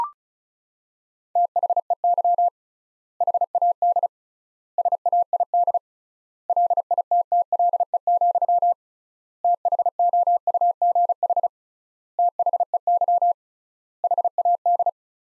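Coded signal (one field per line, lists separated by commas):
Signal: Morse code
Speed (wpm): 36 wpm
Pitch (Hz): 700 Hz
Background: none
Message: THEY HAD SAID LITTLE, THOUGH THEY HAD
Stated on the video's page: Morse practice sentences from top 400 words at 35 wpm with 3x standard word spacing, a Farnsworth-like method applied to words.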